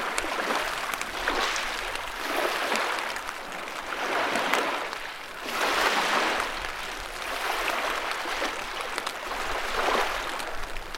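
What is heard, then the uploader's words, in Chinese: A broad river surges steadily, its dense rushing swelling in slow waves every couple of seconds, with a faint low rumble underneath. 大江已有了海的声形，糁入嫩凉的晨中清凉的雨。江河涌涌。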